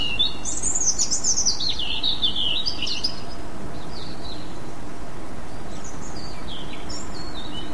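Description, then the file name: European robin song: a rapid jumble of high, thin warbled phrases sliding down from very high notes, then quieter scattered trills after a pause, over steady low background hiss. "rouge gorge"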